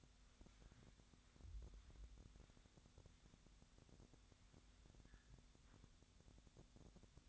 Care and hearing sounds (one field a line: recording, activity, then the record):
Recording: daily activity, microphone in the room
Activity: wipe stove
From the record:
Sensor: 3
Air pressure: 1007.0 hPa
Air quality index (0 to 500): 205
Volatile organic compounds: 18 ppm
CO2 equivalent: 2620 ppm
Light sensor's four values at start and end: 12/28/12/11 and 12/28/12/11